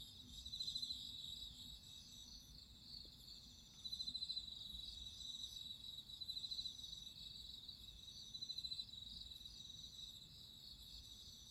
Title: Listen to nature crickets singing at midnight